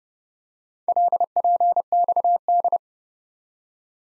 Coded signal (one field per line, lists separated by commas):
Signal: Morse code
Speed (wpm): 30 wpm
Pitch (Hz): 700 Hz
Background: none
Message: LPXD